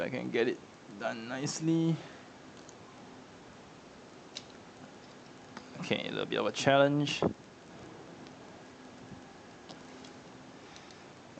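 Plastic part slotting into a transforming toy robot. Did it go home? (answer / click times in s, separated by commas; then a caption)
no / none. Someone talks while trying to slot a plastic part into place on a Takara Tomy Transformers Masterpiece MP-25L Destron Sonic Sapper Loudpedal transforming toy robot, with faint small ticks of handling between the speech. The part does not seat tightly, so the attempt is a miss and is tried again; nothing has seated or clicked yet.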